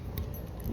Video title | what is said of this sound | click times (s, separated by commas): Step 3 of electric motor refit.. cooling system and solar system | see? Then you take the top piece and you push it on until it clicks, | 0.2 s